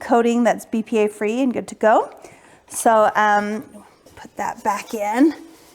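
Someone talks for nearly the whole 5.8 s, with only quiet room noise in the pauses. No sharp click or clunk appears, so the part is still being handled and has not locked in.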